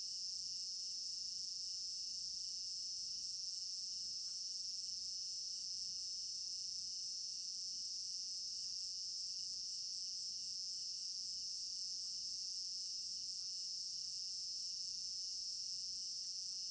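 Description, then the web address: Many crickets trill together in a steady, high, pulsing wall of sound that never pauses, with faint scattered clicks in the quiet background. Crickets in an African village garden at night, stereo binaural recording. "African-Village Garden Night Crickets 03 Stereo-Binaural. immersive sound library"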